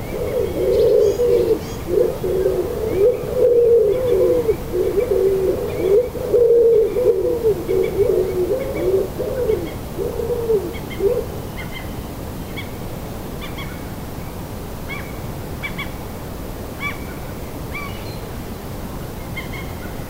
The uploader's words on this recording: Bird chorus at sunrise in Danish city. A dawn chorus of chirping birds during sunrise in Denmark. It is a Saturday morning in late April.